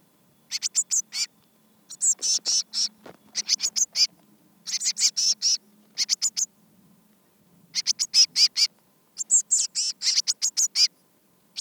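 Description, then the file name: Eurasian blue tit calling in quick, high-pitched rattling bursts, repeated almost continuously with short pauses between each volley. "Cyanistes caeruleus"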